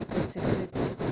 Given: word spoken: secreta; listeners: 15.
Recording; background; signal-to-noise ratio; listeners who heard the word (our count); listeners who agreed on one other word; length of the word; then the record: one Spanish word in noise, from a listening test; noise modulated by one talker; -9.9 dB; 0 of 15; 9 of 15; 0.72 s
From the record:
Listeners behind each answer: 9, 1, 1, 1, 1, 1, 1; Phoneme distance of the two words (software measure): 10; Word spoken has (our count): 3 syllables, 7 phonemes, stress on syllable 2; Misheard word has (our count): 3 syllables, 7 phonemes, stress on syllable 2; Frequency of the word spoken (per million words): 15.73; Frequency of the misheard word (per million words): 62.61